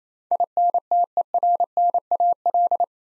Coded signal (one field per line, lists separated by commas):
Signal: Morse code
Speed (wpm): 28 wpm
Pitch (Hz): 700 Hz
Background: none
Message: INTERNAL